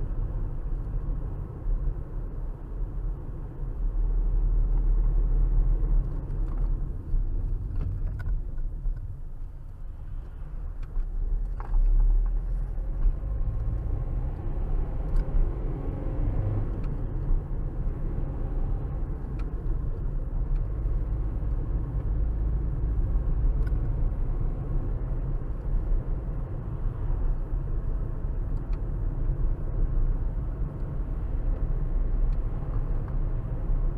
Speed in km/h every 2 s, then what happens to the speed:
55, 48, 47, 37, 15, 13, 24, 39, 48, 52, 50, 53, 56, 58, 56, 56, 56.
0-10 brakes to 13. 10-25 speeds up to 58. 25-34 steady at about 56.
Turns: none.